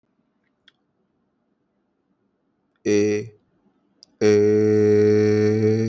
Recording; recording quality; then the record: sustained vowel as in made; excellent, no background noise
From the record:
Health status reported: respiratory illness, not identified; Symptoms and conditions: fever, hypertension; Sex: male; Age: 26 years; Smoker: not ticked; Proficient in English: yes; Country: India